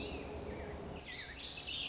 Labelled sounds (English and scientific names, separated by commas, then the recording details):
Warbling Vireo (Vireo gilvus)
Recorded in Sonoma County, California